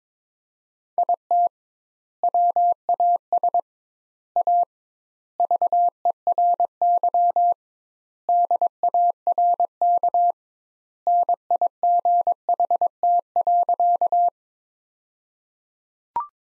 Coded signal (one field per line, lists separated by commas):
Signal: Morse code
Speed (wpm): 21 wpm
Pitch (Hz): 700 Hz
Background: none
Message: IT WAS A VERY DARK NIGHT.